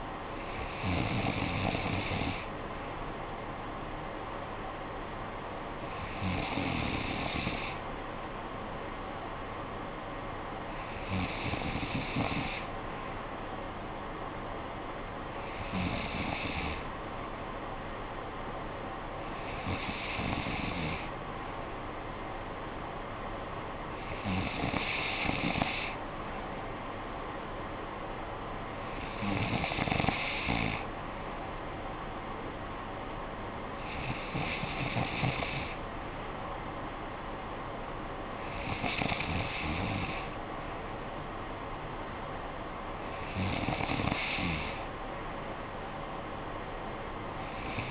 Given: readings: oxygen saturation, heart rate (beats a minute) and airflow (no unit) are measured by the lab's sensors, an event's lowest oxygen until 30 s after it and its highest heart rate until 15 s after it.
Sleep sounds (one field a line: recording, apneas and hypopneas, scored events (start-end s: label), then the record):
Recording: breathing in sleep by a voice recorder at the bedside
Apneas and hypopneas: none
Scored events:
none scored
From the record:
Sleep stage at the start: N3 (deep sleep)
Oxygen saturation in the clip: 94%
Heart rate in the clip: 52 to 60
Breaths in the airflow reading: 10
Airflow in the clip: -8.9 to 5.9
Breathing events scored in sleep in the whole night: 445 in 7.6 hours asleep